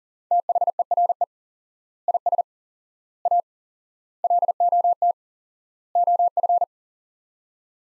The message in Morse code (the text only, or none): THERE IS A LOT OF